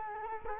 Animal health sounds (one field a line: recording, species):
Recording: mosquito wingbeat signal from an infrared sensor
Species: Culex quinquefasciatus